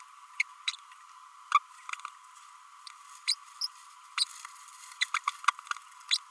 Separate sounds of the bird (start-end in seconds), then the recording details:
0.39-0.43, 0.67-0.72, 1.54-1.59, 3.27-3.34, 3.61-3.67, 4.17-4.25, 5.01-5.05, 5.14-5.18, 5.27-5.31, 6.10-6.17. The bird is a female. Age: 32 days. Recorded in a nest box in Venezuela. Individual 17B32A7